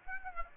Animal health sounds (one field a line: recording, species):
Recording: mosquito wingbeat signal from an infrared sensor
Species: Aedes aegypti